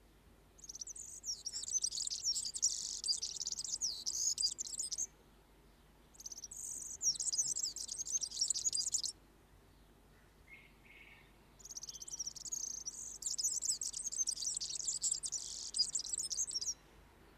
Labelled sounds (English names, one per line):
European Serin song